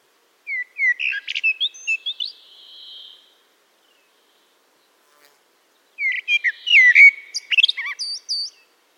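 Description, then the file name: Common blackbird singing two phrases, each opening with a few whistled notes and breaking into thin, scratchy high twittering notes, with a silent gap between them. "Turdus merula"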